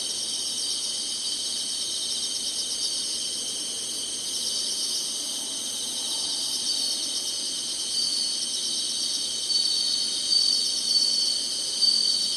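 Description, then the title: Insects chirring in a continuous high chorus, joined toward the end by a few sharper, louder pulses. Summer. "SINGING INSECTS SUMMER"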